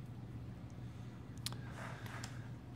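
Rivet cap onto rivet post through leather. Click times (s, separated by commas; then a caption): 1.5 s. A double cap rivet's cap is pressed by hand onto the rivet post, which is pushed through a punched hole in leather. Over a low background hum, a sharp click sounds at 1.5 s, with a few fainter ticks after it. The click shows the cap has seated on the post.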